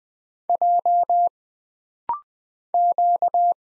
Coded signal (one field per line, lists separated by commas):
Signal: Morse code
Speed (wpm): 20 wpm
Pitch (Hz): 700 Hz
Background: none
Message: J Q